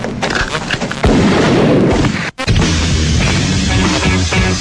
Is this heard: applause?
no